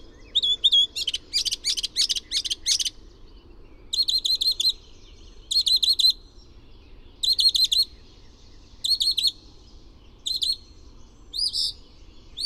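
Bird song: a few thin whistles, then loud bursts of rapid buzzy trills separated by short gaps.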